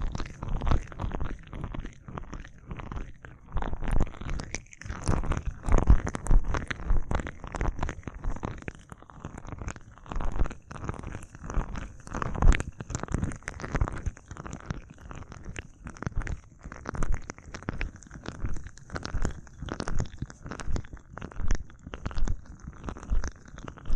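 Aloe gel is massaged over an ear, producing dense, wet squelching and slippery rubbing that pulses in quick, uneven strokes throughout. The sound is mostly low and thick, with soft crackly detail on top, and the strokes stay busy without a pause.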